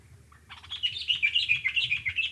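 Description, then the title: Dark-capped bulbul chatter, a quick run of scratchy, bouncing notes starting half a second in and continuing steadily to the end. Recorded in the Okavango. "intotheokavango dark capped bulbul"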